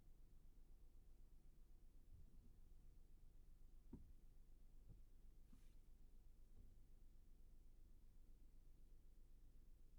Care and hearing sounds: everyday scene through a hearing-aid microphone; in a vehicle; engine idling, traffic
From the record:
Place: Skoda Fabia, gasoline engine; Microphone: behind the ear, right, rear

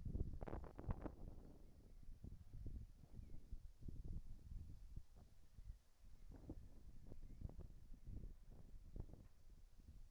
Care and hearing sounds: everyday scene through a hearing-aid microphone; wind on the microphone; wind, whistling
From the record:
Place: in front of a rural house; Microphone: behind the ear, right, rear

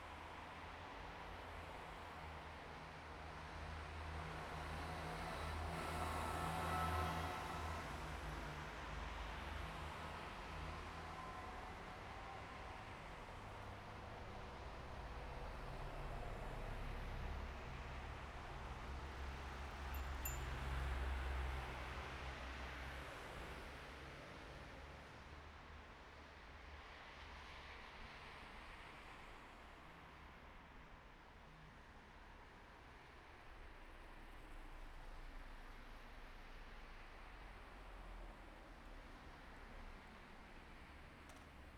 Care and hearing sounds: everyday scene through a hearing-aid microphone; in traffic; traffic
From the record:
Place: bus stop on a city main road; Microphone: behind the ear, right, rear

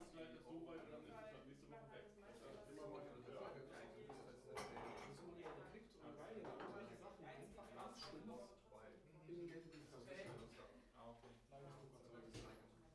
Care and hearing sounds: everyday scene through a hearing-aid microphone; many people talking; many voices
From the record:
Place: bistro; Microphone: behind the ear, right, rear

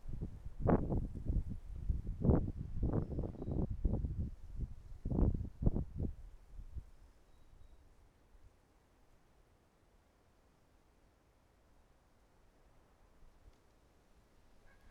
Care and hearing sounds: everyday scene through a hearing-aid microphone; wind on the microphone; wind, traffic, birds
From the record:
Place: suburban garden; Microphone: behind the ear, right, front

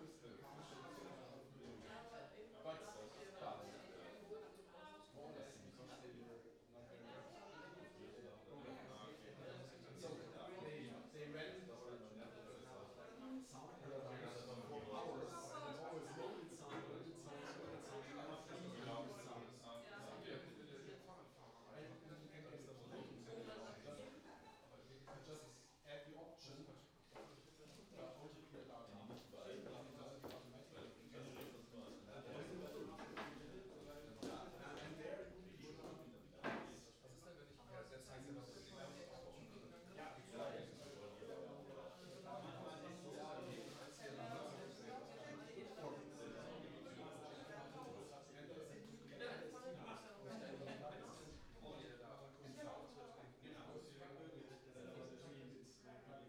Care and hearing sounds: everyday scene through a hearing-aid microphone; many people talking; many voices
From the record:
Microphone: in the ear canal, right

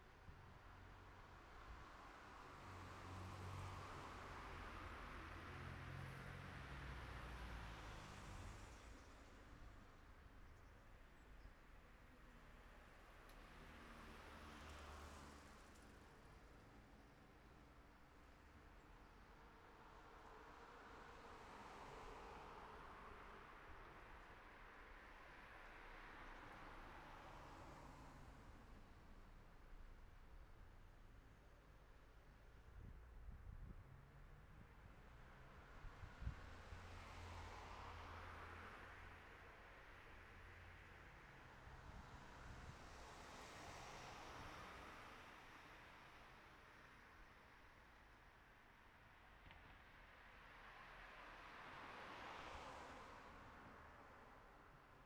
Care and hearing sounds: everyday scene through a hearing-aid microphone; in traffic; traffic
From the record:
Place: city secondary road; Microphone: behind the ear, right, front

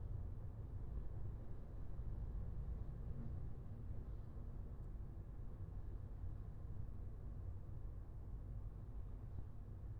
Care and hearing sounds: everyday scene through a hearing-aid microphone; in a vehicle; engine, highway driving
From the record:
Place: Skoda Fabia, gasoline engine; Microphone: behind the ear, left, front

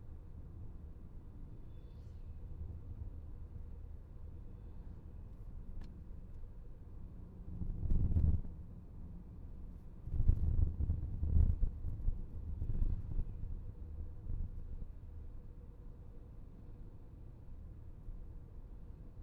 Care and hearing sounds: everyday scene through a hearing-aid microphone; in a vehicle; engine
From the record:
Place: VW T5 Caravelle, diesel engine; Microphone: behind the ear, left, front

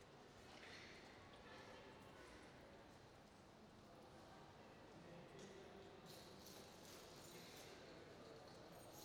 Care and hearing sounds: everyday scene through a hearing-aid microphone; reverberant space; background noise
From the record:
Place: railway station hall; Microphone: in the ear canal, right

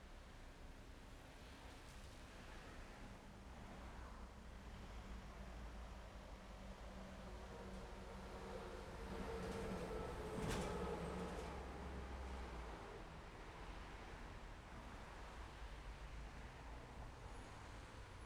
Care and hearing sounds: everyday scene through a hearing-aid microphone; in traffic; traffic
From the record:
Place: main road on the outskirts, rush hour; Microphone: behind the ear, left, rear

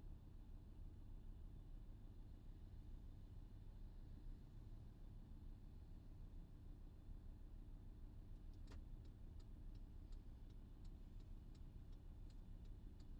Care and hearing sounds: everyday scene through a hearing-aid microphone; in a vehicle; engine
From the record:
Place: VW T5 Caravelle, diesel engine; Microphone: in the ear canal, left

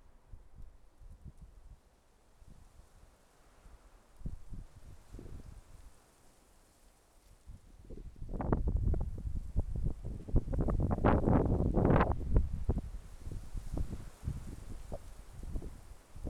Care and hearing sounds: everyday scene through a hearing-aid microphone; wind on the microphone; wind, traffic, birds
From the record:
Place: suburban garden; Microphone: behind the ear, left, rear

